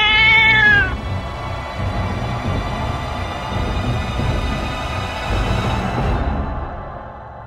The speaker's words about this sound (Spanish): Entonces, desde algún lugar de las sombras, escuchás el maullido de un gato.